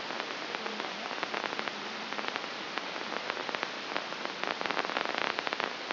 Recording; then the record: brain microelectrode recording played as sound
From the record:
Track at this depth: inside the subthalamic nucleus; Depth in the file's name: 1.835 mm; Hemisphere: left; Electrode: 2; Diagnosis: Parkinson's disease